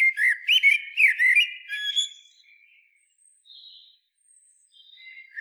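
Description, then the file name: Common blackbird phrase of looping, mellow whistles followed by faint, thin high notes trailing off. "Turdus merula"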